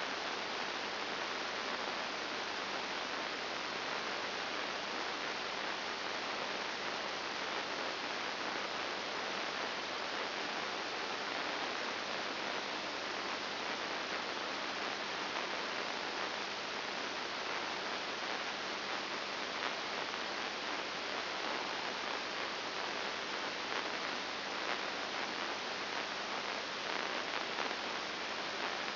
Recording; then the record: brain microelectrode recording played as sound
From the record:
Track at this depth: inside the subthalamic nucleus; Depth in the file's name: 3.902 mm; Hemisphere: left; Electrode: 2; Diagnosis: Parkinson's disease